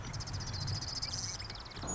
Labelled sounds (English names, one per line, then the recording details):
Marsh Wren
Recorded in Sonoma County, California